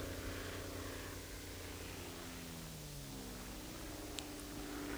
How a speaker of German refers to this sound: Oder ein einziges Flugzeug machte für etwas ganz anderes Reklame.